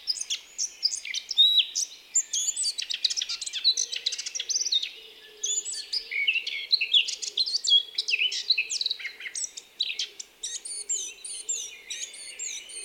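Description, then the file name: Eurasian blackcap singing a long, busy warble of clicking, twittering and whistled notes, with a short lull midway before resuming. "Sylvia atricapilla"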